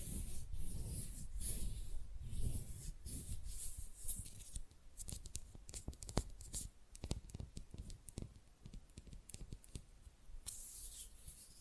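Fast, rough nail filing rasps in quick repeated strokes, dense and scratchy for the first four seconds or so. After that the strokes thin into lighter, sharper scrapes and clicks at an irregular pace, with a brief burst of harder filing near the tenth second.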